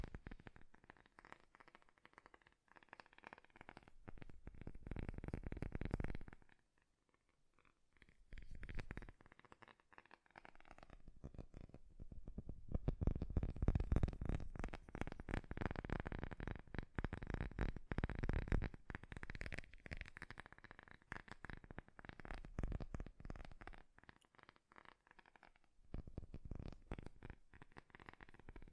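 Fast tapping runs in dense bursts of quick, crackly taps, so rapid they blur into a rustling patter with a low thud underneath. Busy stretches near the start, middle and end are split by short near-silent pauses around 7, 10 and 26 seconds.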